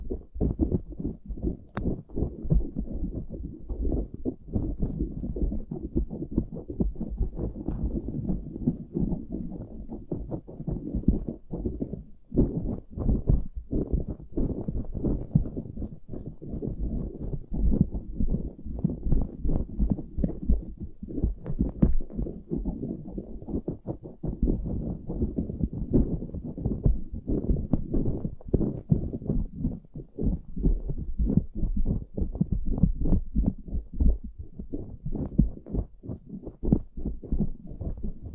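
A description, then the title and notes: Ear picking as a heartbeat simulation: dense, muffled low thumps and scratchy rustles pulse rapidly and steadily throughout, with a sharp click near two seconds. Pure ear picking, heartbeat simulation.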